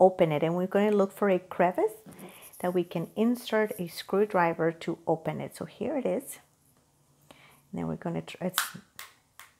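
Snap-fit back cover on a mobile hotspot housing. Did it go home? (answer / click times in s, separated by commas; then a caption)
released / 9.0 s, 9.4 s. Someone talks while a screwdriver is pried into a crevice in the plastic back cover of a mobile hotspot. The snap-fit clips pop loose one after another with sharp snaps at 9.0 s and 9.4 s, and the cover comes open.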